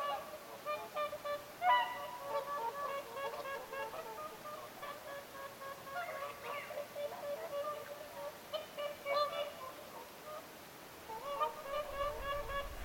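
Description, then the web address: Whooper swans honking softly in a group, overlapping harmonic calls at a lower level, a few louder notes standing out. Whooper swans calling at Lintulahti, 6 November 2025. "paivat 6 11 2025 laulujoutsenten aantelya lintulahdella"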